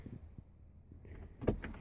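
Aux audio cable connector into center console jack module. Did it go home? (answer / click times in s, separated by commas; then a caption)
yes / 1.5 s. An AUX audio wiring connector on a 2011–2014 Dodge Charger Police Pursuit is pushed into the center console jack harness while the console is being installed. After some quiet handling noise, a sharp click at 1.5 s marks the connector snapping into place, followed by a couple of softer clicks. The connector is seated.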